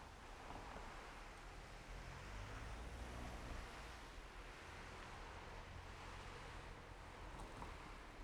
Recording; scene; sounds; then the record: everyday scene through a hearing-aid microphone; in traffic; traffic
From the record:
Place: main road on the outskirts, rush hour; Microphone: behind the ear, left, rear